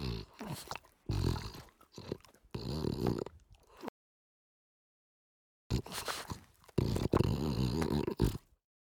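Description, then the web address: French bulldog snorting and snuffling in quick rough pulses, a few seconds of silence, then another burst of heavy wheezy snorts. "French Bulldog Snort Sequence"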